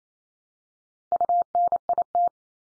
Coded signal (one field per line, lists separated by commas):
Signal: Morse code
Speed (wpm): 28 wpm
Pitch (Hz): 700 Hz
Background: none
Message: UNIT